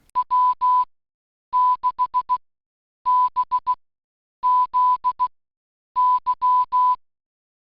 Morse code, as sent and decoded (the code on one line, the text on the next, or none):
.-- -.... -... --.. -.--
W6BZY